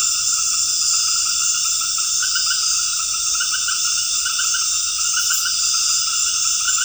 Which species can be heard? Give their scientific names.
none